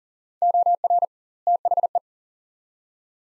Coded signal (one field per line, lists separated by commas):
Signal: Morse code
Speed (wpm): 40 wpm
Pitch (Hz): 700 Hz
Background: none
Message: OR THE